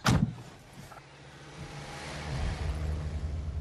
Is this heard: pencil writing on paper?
no